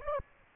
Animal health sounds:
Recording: mosquito wingbeat signal from an infrared sensor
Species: Aedes aegypti

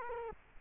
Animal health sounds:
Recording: mosquito wingbeat signal from an infrared sensor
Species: Culex quinquefasciatus

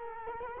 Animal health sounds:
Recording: mosquito wingbeat signal from an infrared sensor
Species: Culex quinquefasciatus

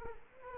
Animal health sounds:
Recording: mosquito wingbeat signal from an infrared sensor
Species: Culex quinquefasciatus

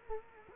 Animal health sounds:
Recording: mosquito wingbeat signal from an infrared sensor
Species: Culex quinquefasciatus

